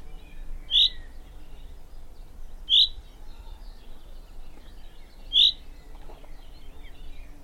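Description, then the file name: Common chaffinch calling with three brief, bright notes about two to three seconds apart, over a soft low rumble and faint chirps of other birds. "Fringilla coelebs"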